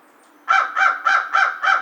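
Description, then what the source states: American crow giving five loud, raspy caws in a steady rhythm. Recorded 2 March 2010.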